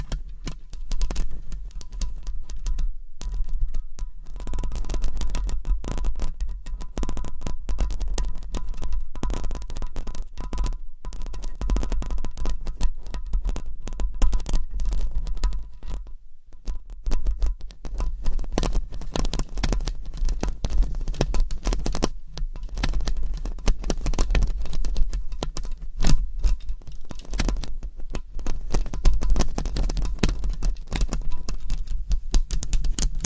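Long nails scratch and rub across a microphone in dense, continuous strokes with no talking, each pass a crackly scraping burst that keeps rising and falling. A steady low hum runs underneath throughout, with brief near-silent gaps around 3, 11 and 16 seconds.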